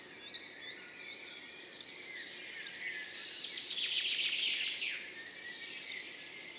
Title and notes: 10 juin 2019-Montagne du Puy - Nagra seven - mkh40-stéréo Ce matin comme la nuit a été douce le grillon champêtre continu sont train train sonore.